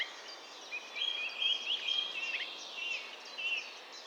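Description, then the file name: Eurasian blackcap giving a run of clear, warbled whistled notes lasting about three seconds, against background noise. "Sylvia atricapilla"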